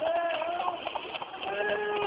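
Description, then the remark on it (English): Frightened horses neighing on a misty road by moonlight: shrill, wavering whinnies that rise and fall in pitch, overlapping continuously and staying loud for about two seconds. “What place has got to the horses? Something seems to have frightened them.”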